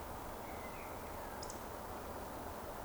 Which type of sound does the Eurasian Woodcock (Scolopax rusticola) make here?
whistle